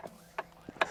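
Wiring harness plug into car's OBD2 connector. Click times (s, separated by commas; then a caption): 0.8 s. The male end of a new plastic OBD2 wiring harness connector is pushed into the mating OBD2 connector of a Tesla Model 3/Y, the same way as the blue connector. A short click sounds at 0.4 s and a soft low thump near 0.7 s, then a sharper, louder click at 0.8 s as the connector seats and clicks into place.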